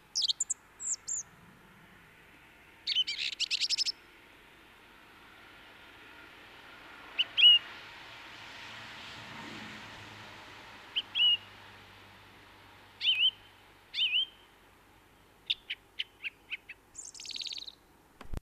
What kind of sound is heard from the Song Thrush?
song